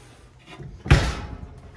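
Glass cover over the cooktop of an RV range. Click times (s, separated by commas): 0.9 s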